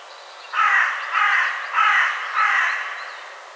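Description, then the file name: Carrion crow giving four hoarse caws spaced about six tenths of a second apart, with a soft background hiss. "Corvus corone"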